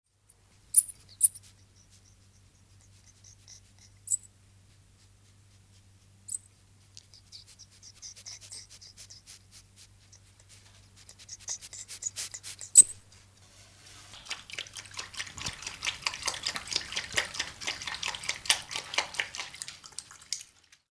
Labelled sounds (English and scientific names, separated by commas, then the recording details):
South American Coati (Nasua nasua)
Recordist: Tembrock, Günter
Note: Kurzlaute, Schnuppern und Saufgeräusche